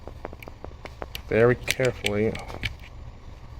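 A new plastic knuckle coupler is carefully pressed into the coupler mount of an HO scale model locomotive, with a few faint, sharp ticks of handling between 0.2 and 1.2 seconds. Someone talks briefly in the middle of the clip. Nothing has seated or clicked into place yet.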